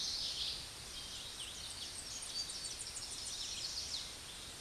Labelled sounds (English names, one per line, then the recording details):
Eastern Towhee song
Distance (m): 20 m
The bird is about 5 m above the microphone
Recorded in a Pennsylvania forest on 16 May 2024 at 09:06
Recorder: AudioMoth, point MSD-2320
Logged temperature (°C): 12.8 °C
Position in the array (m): 203 m, 176 m